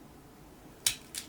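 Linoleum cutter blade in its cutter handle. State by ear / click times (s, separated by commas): released / 0.9 s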